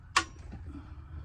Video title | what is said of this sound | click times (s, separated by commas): I bought a focus for cheap…because nobody would touch it! | all right there's a click | 0.2 s